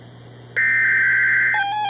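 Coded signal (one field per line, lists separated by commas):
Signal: Emergency Alert System (SAME) tones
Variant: header bursts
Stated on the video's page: Tornado warning alert tones.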